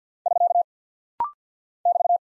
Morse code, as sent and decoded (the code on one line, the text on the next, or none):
...-.- / -...-
<SK> <BT>